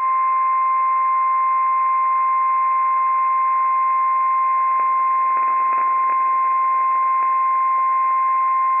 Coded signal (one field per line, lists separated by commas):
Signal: Emergency Alert System (SAME) tones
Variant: 1050 Hz attention tone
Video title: 70 MPH Dust Storm Warning - WWF56 - EAS #327 - 3:32 PM PDT 9/29/24